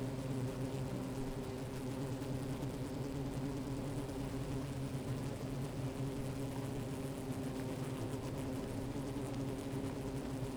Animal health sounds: honeybee colony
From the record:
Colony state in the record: active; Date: 28 July 2017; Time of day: 13:33

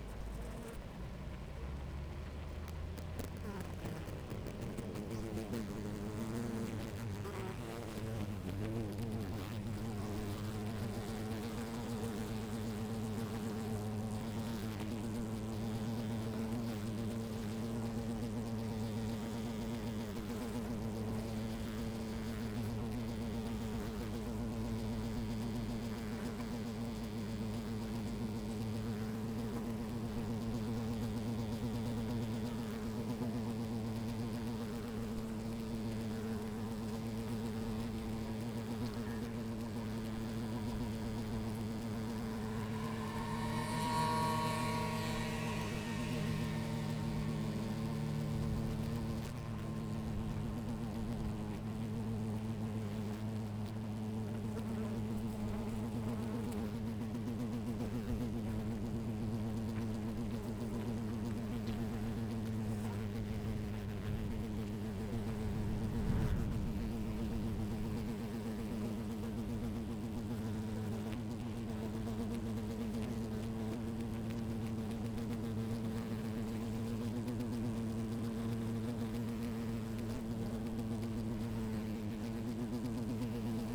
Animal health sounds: honeybee colony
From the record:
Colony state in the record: active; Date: 28 July 2017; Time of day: 10:48

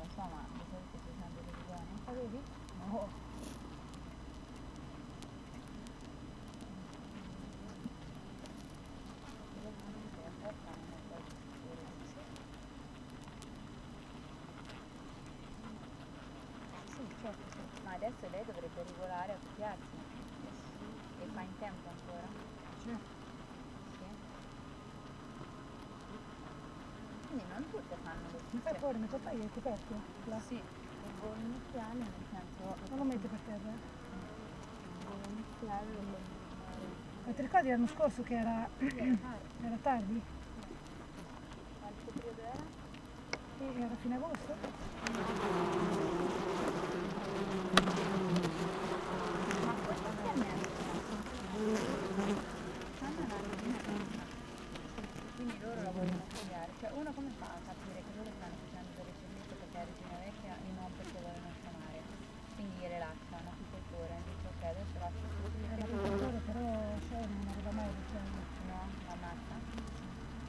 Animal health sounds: honeybee colony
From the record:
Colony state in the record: active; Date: 12 June 2018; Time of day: 7:51

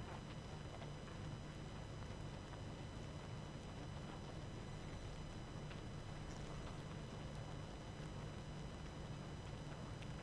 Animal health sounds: honeybee colony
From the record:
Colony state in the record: active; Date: 12 June 2018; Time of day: 21:15

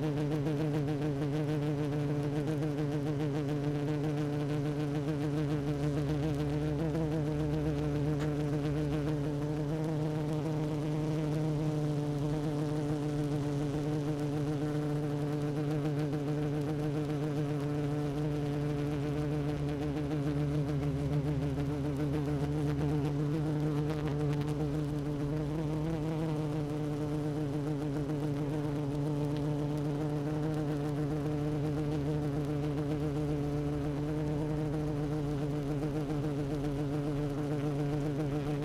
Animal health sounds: honeybee colony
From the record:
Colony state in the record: active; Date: 12 June 2018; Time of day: 16:23

